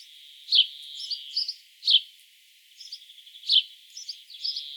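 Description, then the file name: House sparrow chirps, three strong notes spaced over a second apart, with weaker twittering and a steady background hiss. "Passer domesticus"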